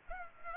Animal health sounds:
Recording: mosquito wingbeat signal from an infrared sensor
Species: Culex pipiens

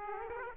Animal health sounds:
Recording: mosquito wingbeat signal from an infrared sensor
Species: Aedes aegypti

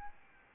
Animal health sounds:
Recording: mosquito wingbeat signal from an infrared sensor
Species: Aedes albopictus

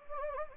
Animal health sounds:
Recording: mosquito wingbeat signal from an infrared sensor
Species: Anopheles gambiae

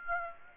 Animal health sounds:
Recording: mosquito wingbeat signal from an infrared sensor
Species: Aedes aegypti

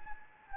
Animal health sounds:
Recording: mosquito wingbeat signal from an infrared sensor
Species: Anopheles gambiae

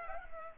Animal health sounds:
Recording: mosquito wingbeat signal from an infrared sensor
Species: Culex pipiens

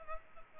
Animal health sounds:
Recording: mosquito wingbeat signal from an infrared sensor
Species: Culex pipiens

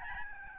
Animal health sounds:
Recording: mosquito wingbeat signal from an infrared sensor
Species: Aedes albopictus

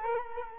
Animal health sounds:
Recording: mosquito wingbeat signal from an infrared sensor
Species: Culex quinquefasciatus

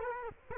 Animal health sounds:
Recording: mosquito wingbeat signal from an infrared sensor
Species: Culex quinquefasciatus

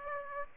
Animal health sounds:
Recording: mosquito wingbeat signal from an infrared sensor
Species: Aedes aegypti

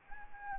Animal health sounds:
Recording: mosquito wingbeat signal from an infrared sensor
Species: Anopheles gambiae

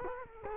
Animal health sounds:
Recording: mosquito wingbeat signal from an infrared sensor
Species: Culex quinquefasciatus

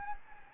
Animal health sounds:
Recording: mosquito wingbeat signal from an infrared sensor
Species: Anopheles gambiae

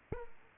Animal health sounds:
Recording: mosquito wingbeat signal from an infrared sensor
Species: Aedes aegypti

